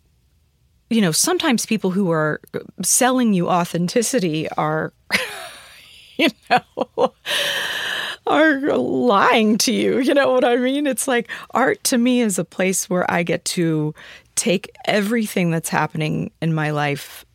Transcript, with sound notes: you know, sometimes people who are selling you authenticity are - (laughter) you know, are lying to you. You know what I mean? It's like art, to me, is a place where I get to take everything that's happening in my life